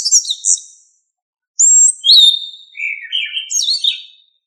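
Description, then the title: Thrush song: a few short, high, whistled and warbled phrases, some sliding downward, separated by a brief pause. "Familia Turdidae - Sabia"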